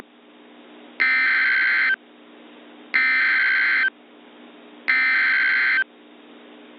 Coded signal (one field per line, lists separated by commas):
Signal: Emergency Alert System (SAME) tones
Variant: header bursts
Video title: EAS Mock: Scary Chicken Nugget Alert